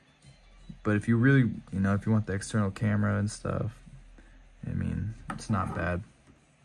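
Someone talks while handling a GoPro Hero 9 action camera that is about to be pushed into its plastic media-mod housing, with faint handling noise between the words. The clip ends before the camera goes in, so nothing has seated or clicked yet.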